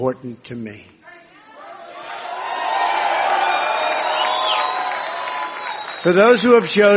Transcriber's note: applause